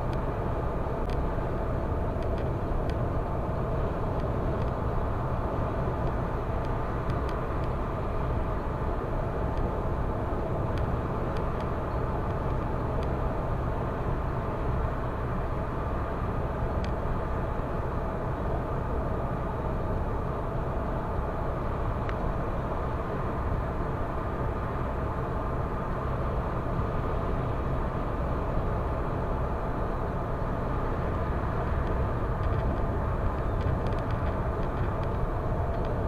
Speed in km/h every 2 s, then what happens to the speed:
116, 116, 116, 115, 116, 116, 115, 116, 116, 116, 116, 116, 116, 116, 116, 116, 116, 116.
0-36 steady at about 116.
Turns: none.